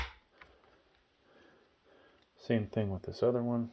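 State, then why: Seated. A DDR memory stick is pushed into a DIMM slot on a Gigabyte B760M Gaming X AX motherboard, giving a double click at 0.4 s and 0.6 s as the plastic retention latches lock and the stick seats. Someone then talks from about 2.5 s to the end.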